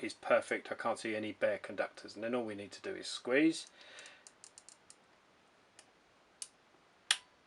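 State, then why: Torque reached. Someone talks, then squeezes a ratchet crimping tool on an insulated connector with a multi-strand wire firmly inserted and no bare conductors showing. The ratchet teeth give a series of soft ticks. A loud, sharp click at 7.1 s marks full compression and a complete crimp.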